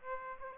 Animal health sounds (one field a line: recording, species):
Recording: mosquito wingbeat signal from an infrared sensor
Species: Aedes aegypti